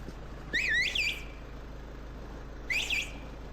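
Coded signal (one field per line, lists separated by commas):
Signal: whistled language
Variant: Turkish kuş dili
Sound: two loud, sharp, sliding whistles, the first with rising and falling swoops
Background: low background hum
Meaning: Calls Mesut by name to see if he turns around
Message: Mesut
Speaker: Mesut, voir s'il va se retourner et regarder ?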